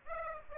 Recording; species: mosquito wingbeat signal from an infrared sensor; Aedes aegypti